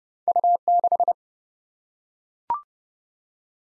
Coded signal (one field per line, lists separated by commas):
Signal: Morse code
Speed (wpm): 31 wpm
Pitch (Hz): 700 Hz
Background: none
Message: U6